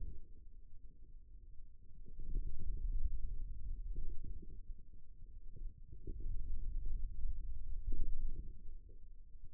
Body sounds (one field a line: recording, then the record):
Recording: forearm muscle sounds (acoustic myography)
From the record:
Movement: pen grasping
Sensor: system 2, bracelet of six BSWA MPA416 microphones around the upper forearm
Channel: 4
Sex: male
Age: 22 years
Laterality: right